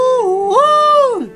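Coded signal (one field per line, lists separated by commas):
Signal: whistled language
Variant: Khasi jingrwai iawbei name tune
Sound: a brief sung or hummed melody, low note rising a step, then gliding down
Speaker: दैट्स माय ट्यून दैट माय मदर कंपोज व्हेन व्हेन आई वास अराउंड वन वीक और टू वीक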